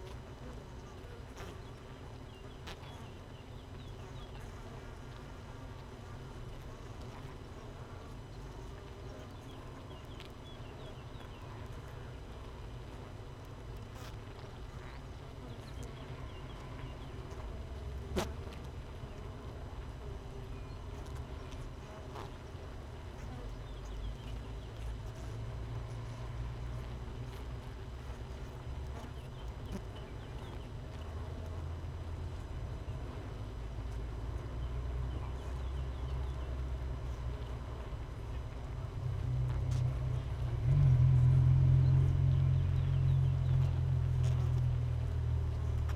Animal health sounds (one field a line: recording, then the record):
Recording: honeybee colony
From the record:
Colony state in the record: missing queen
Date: 31 May 2018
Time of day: 6:24